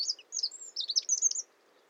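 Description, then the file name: Eurasian wren giving a brief burst of very high, rapid twittering notes lasting about one and a half seconds, then falling silent. "Troglodytes troglodytes"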